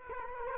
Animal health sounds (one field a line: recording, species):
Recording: mosquito wingbeat signal from an infrared sensor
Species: Culex quinquefasciatus